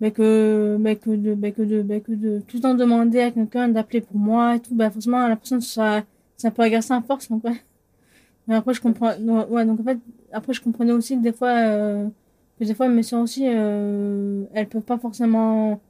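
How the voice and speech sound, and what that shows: A 25-year-old woman speaking French in rapid, rushed bursts, with cluttering and a stutter present since about age 12-13. Phrases such as 'mais que de' are repeated several times, sentences are restarted and words are cut off, and there are drawn-out filler sounds and pauses.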